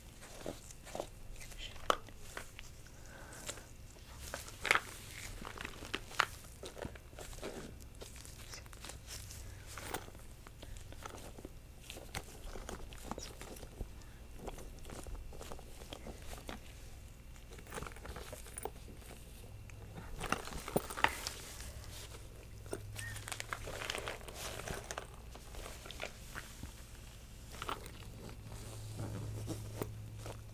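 Gloved hands handle and examine objects, making a steady stream of short rustles, taps and clicks throughout. The sounds come irregularly but densely, with a busier, louder patch around 20 to 25 seconds. A low, constant hum sits underneath the whole time.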